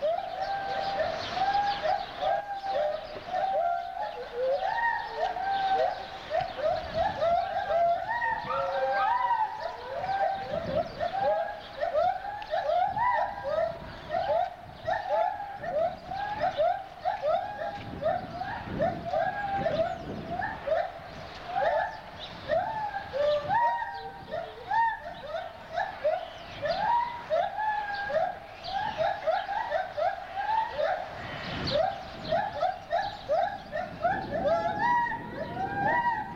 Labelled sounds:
Silvery Javan Gibbon

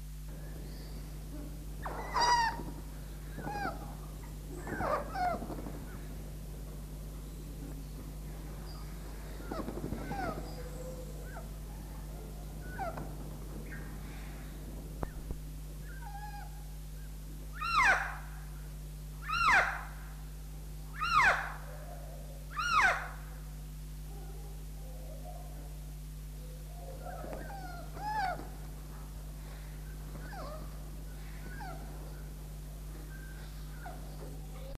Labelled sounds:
Helmeted Friarbird call

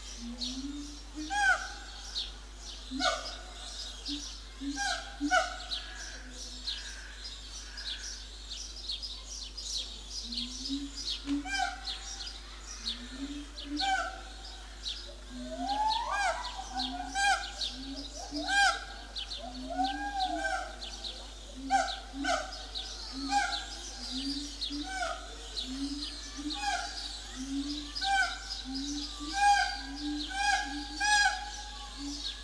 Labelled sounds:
Siamang

